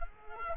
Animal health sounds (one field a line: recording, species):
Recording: mosquito wingbeat signal from an infrared sensor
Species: Culex quinquefasciatus